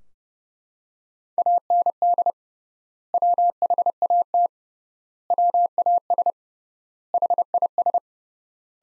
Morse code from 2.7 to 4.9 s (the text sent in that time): WHAT